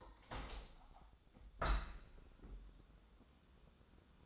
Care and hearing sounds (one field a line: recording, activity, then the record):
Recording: daily activity, microphone in the room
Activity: open window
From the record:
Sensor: 3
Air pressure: 1000.4 hPa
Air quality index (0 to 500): 161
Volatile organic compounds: 3 ppm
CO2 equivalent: 1394 ppm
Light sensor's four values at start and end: 13/34/13/15 and 13/35/14/15